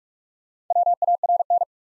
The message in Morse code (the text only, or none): WARN